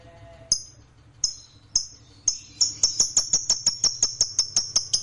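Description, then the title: Lovebird chirps: sharp high notes that start sparse, then speed up into a fast, even run of clipped chirps. Fighter-class lovebird. "Begitu Dengar Suara Lovebird FIGHTER NGEKEK PANJANG"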